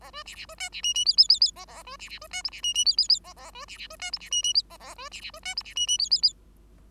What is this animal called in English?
Bengalese Finch